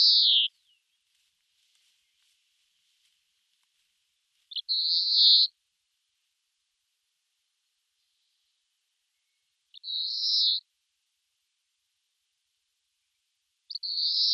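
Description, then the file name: European greenfinch repeating a nasal, buzzy wheeze roughly every five seconds, each note short and steady, with silence between. "Chloris chloris"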